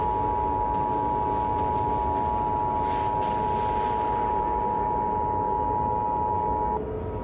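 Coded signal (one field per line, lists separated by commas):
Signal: Emergency Alert System (SAME) tones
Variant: 853 and 960 Hz attention tone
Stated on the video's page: Fictional asteroid impact scenario using valid EAS tones that activate SAME equipment.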